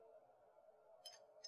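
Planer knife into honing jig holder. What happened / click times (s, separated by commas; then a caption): The blade is handled but not yet locked home / none. Jointer/planer knife number three is handled into the knife holder of a sharpening hone, about to be locked in place. A steady low hum runs throughout, broken by two brief, bright metallic ticks at about 1.1 s and 1.5 s. Nothing has seated or locked into place yet.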